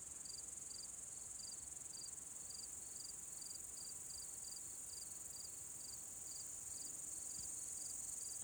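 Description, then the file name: Cricket with short bright chirps spaced about twice a second, backed by a steady shrill insect trill. "Grillen"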